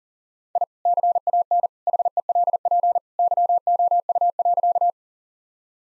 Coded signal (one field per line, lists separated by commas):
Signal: Morse code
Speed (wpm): 40 wpm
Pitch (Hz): 700 Hz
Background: none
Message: I CAN HELP YOU.